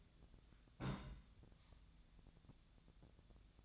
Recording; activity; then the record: daily activity, microphone in the room; place on stove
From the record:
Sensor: 3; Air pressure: 1010.0 hPa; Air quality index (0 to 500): 185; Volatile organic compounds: 13 ppm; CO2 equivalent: 2408 ppm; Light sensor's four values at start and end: 41/101/44/47 and 41/101/44/47